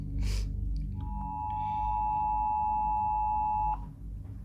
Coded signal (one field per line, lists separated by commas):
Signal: Emergency Alert System (SAME) tones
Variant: 853 and 960 Hz attention tone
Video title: Kidd and Cee Reacts To Rare and Disturbing EAS Alerts Explained